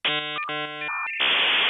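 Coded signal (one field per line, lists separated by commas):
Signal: dial-up modem handshake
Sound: buzzy harmonic bursts, brief beeping tones, then a loud rushing hiss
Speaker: Have you ever heard this sound? That's what it used to sound like connecting to the internet in the 90s and 2000s. It was called dial-up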